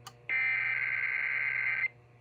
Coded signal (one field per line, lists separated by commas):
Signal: Emergency Alert System (SAME) tones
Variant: header bursts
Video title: EAS 1410-1412: KDKA EAS Test + WAHC Relays + Deviousness